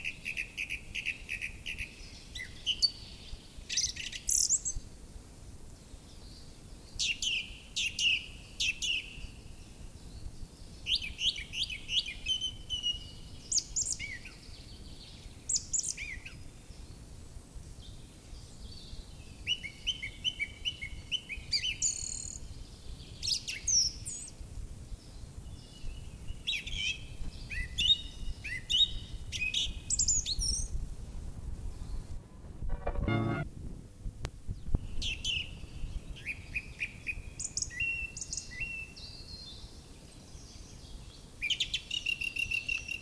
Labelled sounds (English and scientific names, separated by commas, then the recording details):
Song Thrush (Turdus philomelos) song
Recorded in the wild
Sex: male
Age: adult
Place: Röttenbach, Bayern, DE
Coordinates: 49.6633, 10.9539
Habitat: forest
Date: 1961-04-02 18:00
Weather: after rainfall
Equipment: Stellavox SM 4, Original, Vollspur
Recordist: Tretzel, Erwin